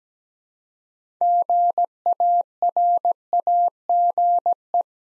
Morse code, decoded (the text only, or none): GARAGE